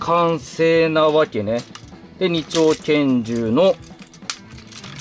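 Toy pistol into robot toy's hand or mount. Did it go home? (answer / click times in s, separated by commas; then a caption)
yes / 4.3 s. Someone talks while fitting a pair of twin toy pistols onto a plastic Bunbun Robo Police toy robot from Bunbunger. Quieter handling clicks follow, and a sharp click at 4.3 s marks the pistol properly locking into place on the robot.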